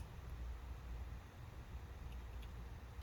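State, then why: Not seated. A display flex connector is being lined up over its socket on a phone logic board before it is pushed in. Only a steady low rumble is heard, with faint small ticks near 2.1 and 2.4 seconds. Nothing has seated or clicked yet.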